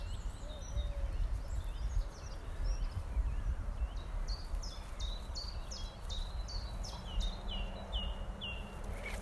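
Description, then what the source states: Bird song: a few scattered high notes, then a run of sharp, repeated chirps, all over a steady low rumble. Recorded during lockdown, 27 March.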